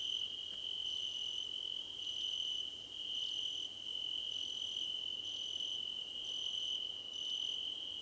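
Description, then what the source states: Cricket chorus of rapid pulsed chirp trains of varying length with brief pauses, layered over a steady shrill trill. Crickets in a chorus, described as a choir competition.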